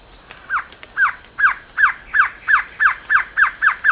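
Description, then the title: Glossy antshrike calling, a steady run of nasal, down-slurred notes repeated about three times a second, growing louder after a softer start. Subspecies luctuosus, assumed from the recording location. "LuckyPassaro Completos2Sama. Glossy Antshrike (Sakesphorus luctuosus luctuosus (ssp assumed from location))"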